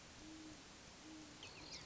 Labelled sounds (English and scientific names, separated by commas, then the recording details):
Great Horned Owl (Bubo virginianus)
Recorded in Sonoma County, California